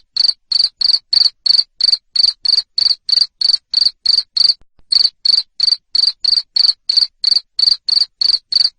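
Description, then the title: Cricket giving a steady run of shrill, high chirps roughly three each second, broken once by a short gap. Loud cricket chirping (jangkrik ngerik) played to stimulate lovebirds to sing continuously (ngekek). "Suara JANGKRIK NGERIK Keras Bikin LOVEBIRD Jadi NGEKEK Terus Vubey"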